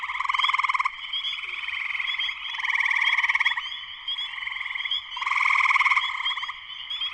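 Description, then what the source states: Spring peeper chorus: many short high peeps over a dense pulsing trill that swells and fades every few seconds. Spring peepers in full chorus shortly after sunset, Sleeping Bear Dunes National Lakeshore, northern Michigan, USA.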